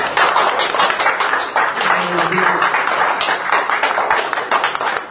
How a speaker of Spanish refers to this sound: Cerramos con un fuerte aplauso a la entrevistada, a ver.